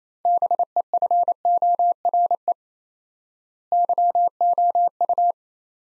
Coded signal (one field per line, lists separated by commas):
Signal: Morse code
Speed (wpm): 28 wpm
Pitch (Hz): 700 Hz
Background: none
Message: BEFORE YOU